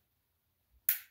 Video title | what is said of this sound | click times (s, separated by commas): Matrix S&T Sportsline M4 RIS Review | there's no mush there's a clear click audible click and you can definitely feel it set into place so | 0.9 s